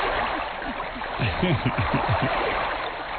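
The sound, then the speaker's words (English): Steady, rushing hiss of running water flowing without pause, with a person's voice murmuring briefly underneath partway through. “The water's happening.”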